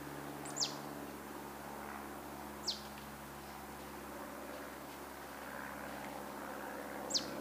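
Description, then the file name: Marsh tit calls: three crisp, high, steeply falling notes spaced a few seconds apart, over a constant low hum. "Poecile palustris"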